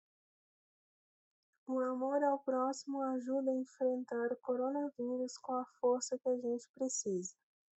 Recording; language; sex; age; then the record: spoken sentence; Brazilian Portuguese; male; 30 to 39 years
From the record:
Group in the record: control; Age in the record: 39 years